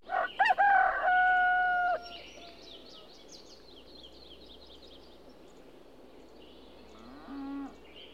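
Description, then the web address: Rooster crowing, one loud drawn-out crow near the start, then quieter bird chirps. Farm roosters, with other birds in the background. "birds farm roosters cow birds in bg animal"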